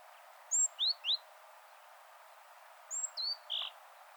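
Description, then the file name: Great tit calling: a very high thin note followed by two quick downslurred notes, the three-note phrase given twice with a pause between, plus light background hiss. "Parus major"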